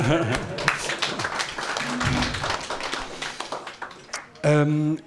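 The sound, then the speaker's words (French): A crowd applauds with a dense, steady crackle of clapping for about four seconds, voices mixed in, before the clapping fades and a single sustained voice takes over at the end. “On t'applaudit.”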